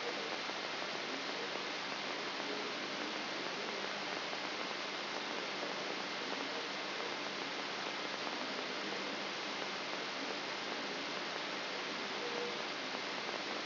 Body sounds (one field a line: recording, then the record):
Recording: brain microelectrode recording played as sound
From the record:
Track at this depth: outside the subthalamic nucleus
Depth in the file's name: 6.501 mm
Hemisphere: left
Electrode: 3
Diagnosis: Parkinson's disease